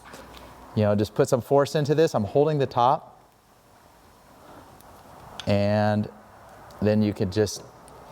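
A rear drum brake shoe on a modern Vespa Sprint or Primavera scooter is held against its spring tension and pushed by hand, with no hammer, toward its place on the brake plate while someone talks. Faint handling ticks occur near 0.4 s and 4.8 s, but nothing has seated or clicked into place yet when the clip ends.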